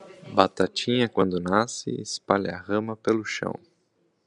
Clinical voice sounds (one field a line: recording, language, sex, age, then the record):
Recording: short text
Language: Brazilian Portuguese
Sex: male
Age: 30 to 39 years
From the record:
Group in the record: control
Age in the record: 31 years